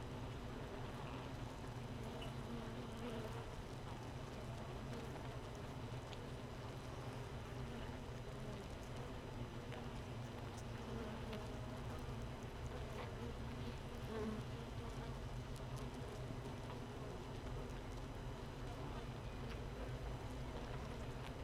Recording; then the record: honeybee colony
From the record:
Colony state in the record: missing queen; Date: 31 May 2018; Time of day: 15:33